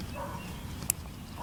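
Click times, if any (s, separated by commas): 0.9 s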